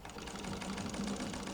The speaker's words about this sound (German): Nach dem Essen setzt Oma sich an die Nähmaschine.